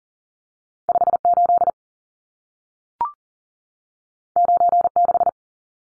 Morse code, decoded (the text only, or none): 58 96